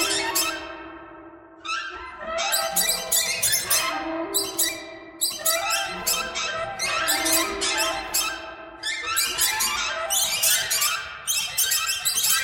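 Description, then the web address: Birds calling busily after a quieter start, rapid high squeaks and harsh chatter piling up into a dense chorus. "soundfactory birds"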